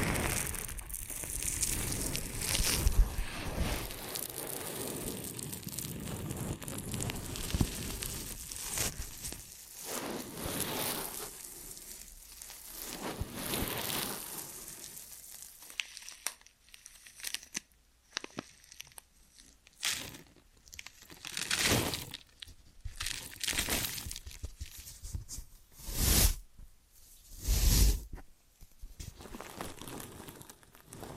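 Ear and scalp massage with dense, crinkly rubbing and scratching early on, thinning after fifteen seconds into separate bursts of brushing.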